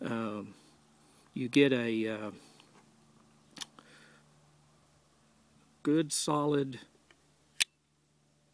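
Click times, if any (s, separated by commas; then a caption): 7.6 s. Someone talks as the folding blade of a SOG BLT50-N BladeLight combination flashlight-knife is opened, and the metal liner lock in the handle snaps into place behind it with a sharp click at 7.6 s. The blade is locked open solidly, with no wobble when deployed.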